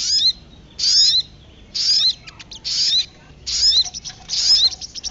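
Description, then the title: Little spiderhunter song, dense high chirping phrases with rising and falling sweeps, about one phrase a second, over a low background hiss. Masteran training recording for songbirds. "Masteran Burung Sogok Ontong Labaik"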